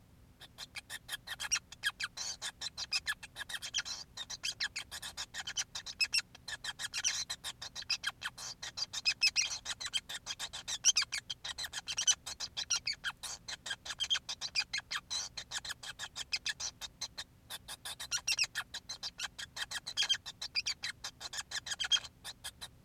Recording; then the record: song of a male Bengalese finch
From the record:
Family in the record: son of father 5